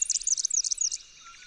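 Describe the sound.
Red-backed fairywren song: about one second of very high, rapid trilled notes, ending abruptly.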